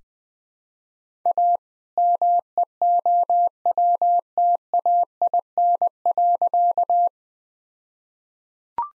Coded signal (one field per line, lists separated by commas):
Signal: Morse code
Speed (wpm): 20 wpm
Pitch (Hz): 700 Hz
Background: none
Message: A MEOWTAIN.